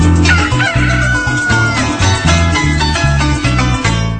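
A rooster crows over upbeat music with a steady, pulsing bass beat, the bright crowing riding loud on top of the rhythm for a few seconds.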